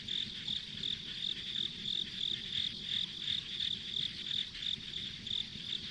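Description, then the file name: Insect calls: clipped high-pitched chirps in an even beat, about three a second, amid a constant buzzing insect chorus and faint low rumble. Ambient insect sounds on a rural country road. "田舎道の虫の環境音"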